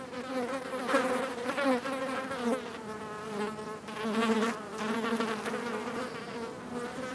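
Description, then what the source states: Insects buzzing: a continuous droning hum that swells and fades, with no other clear sounds. Bug ambience.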